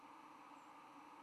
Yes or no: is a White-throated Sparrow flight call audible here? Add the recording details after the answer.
no. Another species' flight call is heard. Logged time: 05:05 on 10 November 2014